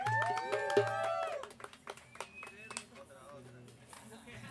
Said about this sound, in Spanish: Un aplauso para el Canal Nacional.